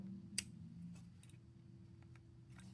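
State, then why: Seated. A flex cable connector on a Galaxy S21 that would not go in is moved slightly and pressed onto its logic board socket again. It seats with a single sharp snap at 0.4 s over a low, steady hum, followed by a few faint ticks.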